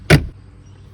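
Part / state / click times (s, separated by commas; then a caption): glove compartment door into dashboard latch / seated / 0.1 s. The glove compartment door of a 2004–2010 Toyota Sienna is pushed back up into the dashboard and closed. A single sharp, broadband latch click sounds at 0.1 s, with a brief low thud that fades by about 0.3 s over a quiet background. The glove compartment latches closed and seats.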